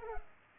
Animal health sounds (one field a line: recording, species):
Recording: mosquito wingbeat signal from an infrared sensor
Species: Culex pipiens